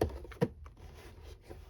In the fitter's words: It actually popped in at the same time, so that's good.